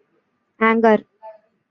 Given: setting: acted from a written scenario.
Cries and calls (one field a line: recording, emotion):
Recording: vocal sound without words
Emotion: anger